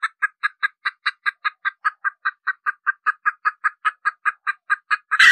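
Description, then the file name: Red junglefowl hen clucking, a fast steady run of short, even clucks, ending in a brief noisy burst. Hen clucking (cackling). "Tieng ga mai rung cuc tac de"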